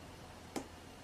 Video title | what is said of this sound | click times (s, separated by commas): Prosthetic Impresseion | can you hear snap sound so | 0.6 s